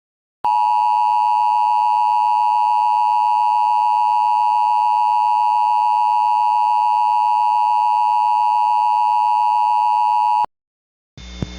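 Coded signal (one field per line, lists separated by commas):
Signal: Emergency Alert System (SAME) tones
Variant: 853 and 960 Hz attention tone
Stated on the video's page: Fictional EAS scenario, not a real alert.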